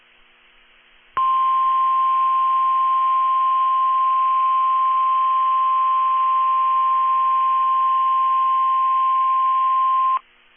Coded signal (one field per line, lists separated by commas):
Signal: Emergency Alert System (SAME) tones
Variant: 1050 Hz attention tone